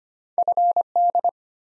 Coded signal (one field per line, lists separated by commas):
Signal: Morse code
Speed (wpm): 25 wpm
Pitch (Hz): 700 Hz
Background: none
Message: FD